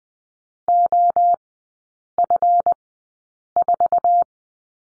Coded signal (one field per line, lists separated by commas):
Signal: Morse code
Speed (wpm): 20 wpm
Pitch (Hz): 700 Hz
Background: none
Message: OF4